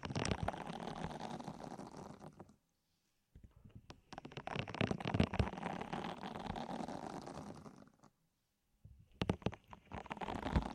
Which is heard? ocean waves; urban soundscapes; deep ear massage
deep ear massage